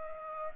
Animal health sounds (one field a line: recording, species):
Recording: mosquito wingbeat signal from an infrared sensor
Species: Culex pipiens